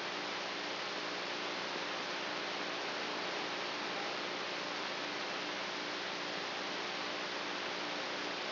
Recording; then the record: brain microelectrode recording played as sound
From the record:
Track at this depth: inside the subthalamic nucleus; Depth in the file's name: 2.405 mm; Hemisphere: right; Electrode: 3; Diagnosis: Parkinson's disease